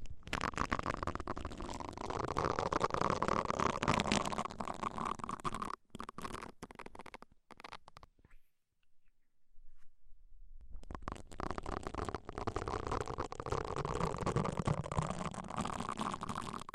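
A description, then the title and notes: Muffled rubbing and scratching inside the ear, a dense crackling rustle with a low, rumbling thump underneath. The scraping runs steadily for about five seconds, thins into sparse clicks, falls silent around eight to ten seconds, then resumes just as dense. ASMR Deep Ear Cleaning - Intense Ear Relaxation (No Talking).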